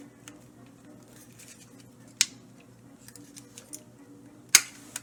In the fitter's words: we go you ready here comes that reassuring snap that